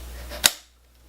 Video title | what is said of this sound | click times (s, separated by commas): Ginour Metal Detector | locks in place and tighten it up | 0.5 s